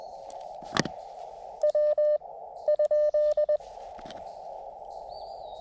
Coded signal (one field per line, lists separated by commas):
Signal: Morse code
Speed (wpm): 19 wpm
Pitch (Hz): 590 Hz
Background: none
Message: W ?